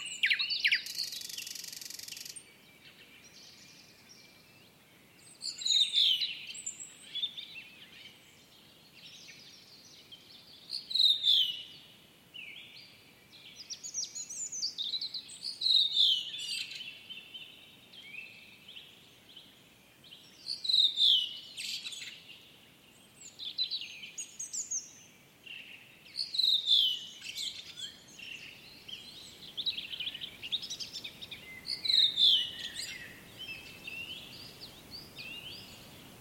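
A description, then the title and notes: Woodland birdsong in which one bright, varied singer repeats phrases roughly every five seconds, each burst rich with sharp whistles and trills, while softer chirps from other birds fill the gaps. A faint low rumble runs steadily underneath throughout. MAFX001 Woodland Atmosphere 1.1 Demo. Recordings from forests in Sweden, Romania and Scotland.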